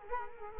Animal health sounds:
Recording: mosquito wingbeat signal from an infrared sensor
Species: Culex quinquefasciatus

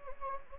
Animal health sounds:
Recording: mosquito wingbeat signal from an infrared sensor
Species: Anopheles gambiae

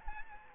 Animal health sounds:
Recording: mosquito wingbeat signal from an infrared sensor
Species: Aedes aegypti

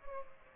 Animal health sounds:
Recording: mosquito wingbeat signal from an infrared sensor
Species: Culex pipiens

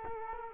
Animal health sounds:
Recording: mosquito wingbeat signal from an infrared sensor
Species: Culex quinquefasciatus

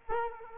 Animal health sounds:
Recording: mosquito wingbeat signal from an infrared sensor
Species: Culex quinquefasciatus

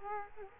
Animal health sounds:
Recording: mosquito wingbeat signal from an infrared sensor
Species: Culex quinquefasciatus

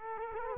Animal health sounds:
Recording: mosquito wingbeat signal from an infrared sensor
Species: Culex quinquefasciatus

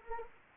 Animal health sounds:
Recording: mosquito wingbeat signal from an infrared sensor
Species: Anopheles gambiae

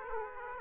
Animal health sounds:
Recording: mosquito wingbeat signal from an infrared sensor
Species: Aedes aegypti

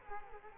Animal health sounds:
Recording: mosquito wingbeat signal from an infrared sensor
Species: Culex quinquefasciatus

